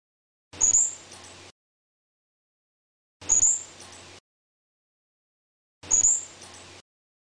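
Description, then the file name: Squirrel calling with piercing high squeaks, one every two and a half seconds or so, three in all, separated by silence. "suara bajing. omkicau"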